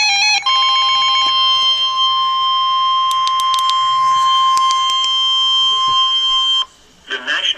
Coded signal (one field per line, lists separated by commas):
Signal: Emergency Alert System (SAME) tones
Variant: 1050 Hz attention tone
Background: speech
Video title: Severe Thunderstorm Warning #2 (EAS #286)